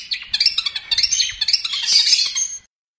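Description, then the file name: Long-tailed shrike song: fast, dense stream of scratchy high notes and squeaky chips, stopping abruptly before silence. Training recording for songbird keepers; master song. "cendet-master -omkicau"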